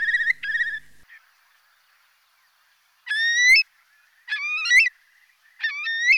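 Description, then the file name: Eurasian curlew calls: two quick trilled notes, then three loud, rising whistled calls separated by short pauses. Filtered. "CHIURLO"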